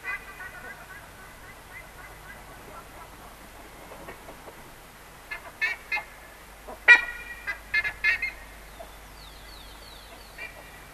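Buff-necked ibis calls: loud nasal honking notes in a burst after a quiet start, with a high descending whistle near the end.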